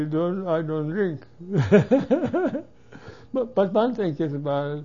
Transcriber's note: he laughs